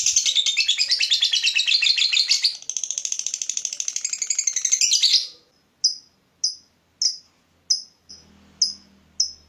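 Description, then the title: Lovebird twittering, a busy, shrill chatter for about five seconds, then single sharp chirps at a steady pace, the last few over a faint low hum. Lovebird's style of calling shown as clever 'baiting' (memancing), prompting other birds to sing. "Dari Gayanya Lovebird Ini Terlihat Pintar Sekali Memancing"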